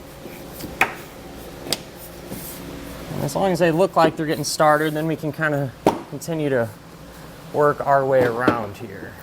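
Plastic bumper fascia clips on a 2021 BMW X7 are pressed downward into the vehicle body, giving sharp clicks at 0.8 s and 1.7 s, followed by someone talking. The clips are started but not fully home and are left to be snapped fully into place later.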